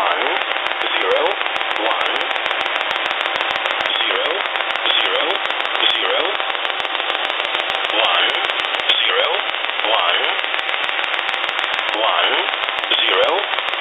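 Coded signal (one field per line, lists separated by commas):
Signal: numbers station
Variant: E07a English Man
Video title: Russian E07a "English Man" number station at 11082 kHz (null message)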